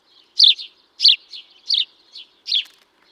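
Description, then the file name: House sparrow giving four loud, clipped chirps roughly every two-thirds of a second, each followed by a softer trailing note. "Passer domesticus"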